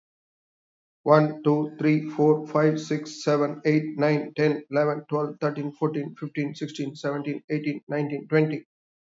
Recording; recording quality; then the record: counting at a fast pace; excellent, no background noise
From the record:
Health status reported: healthy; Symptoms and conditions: diabetes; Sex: male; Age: 57 years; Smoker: not ticked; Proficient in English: yes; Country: India